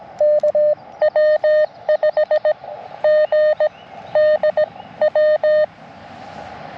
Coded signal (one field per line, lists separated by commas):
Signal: Morse code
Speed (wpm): 20 wpm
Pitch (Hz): 600 Hz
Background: none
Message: K W5GDW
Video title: Sunrise Coffee & Morse Code - QRP CW POTA Activation 5/15/23 @ K-4451